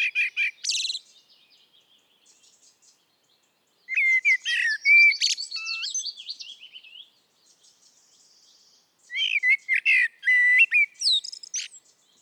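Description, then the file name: Eurasian blackbird singing: three phrases, each a mellow fluted warble dropping into a high, scratchy twitter, with pauses of a few seconds between them. "Turdus merula"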